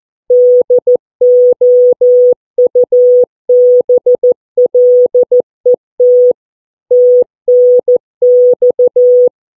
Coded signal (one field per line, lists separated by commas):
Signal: Morse code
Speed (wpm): 14 wpm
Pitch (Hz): 490 Hz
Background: none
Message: DOUBLET TNX